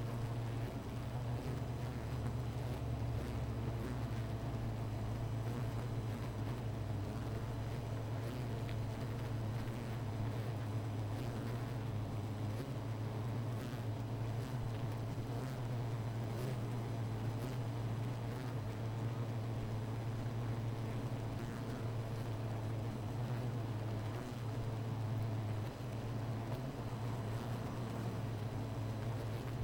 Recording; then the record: honeybee colony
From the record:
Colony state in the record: missing queen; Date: 14 July 2017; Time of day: 16:20